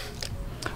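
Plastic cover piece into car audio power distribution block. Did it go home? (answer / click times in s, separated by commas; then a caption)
yes / 0.2 s, 0.7 s. A small plastic top cover piece is snapped onto a Memphis Audio DBLOCKPGM car audio power distribution block. Two sharp, short plastic snaps are heard at 0.2 s and 0.7 s, and the piece ends up locked into place.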